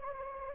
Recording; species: mosquito wingbeat signal from an infrared sensor; Anopheles gambiae